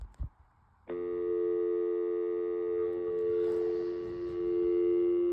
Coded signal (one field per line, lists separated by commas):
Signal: telephone call progress tone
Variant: North America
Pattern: dial tone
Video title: Dial up sound (2010)